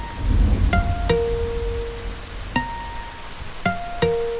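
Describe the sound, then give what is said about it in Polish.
Steady, dense hiss of heavy rain pouring down, with a few sharp ringing tonal pings cutting through at irregular moments. No voices are heard. “Ale kurewsko pada.”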